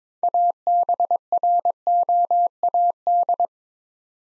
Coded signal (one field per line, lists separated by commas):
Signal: Morse code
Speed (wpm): 23 wpm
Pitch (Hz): 700 Hz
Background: none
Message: ABROAD